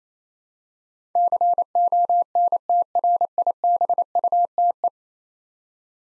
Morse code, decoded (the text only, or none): CONTRIBUTE